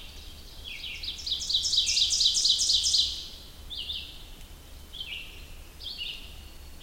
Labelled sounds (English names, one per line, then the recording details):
Ovenbird song
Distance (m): 20 m
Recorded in boreal forest in Alberta, Canada, on 2 June 2016 at 06:46
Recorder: SongMeter 3, array SBT-3-7
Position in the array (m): 44 m, 157 m
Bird 4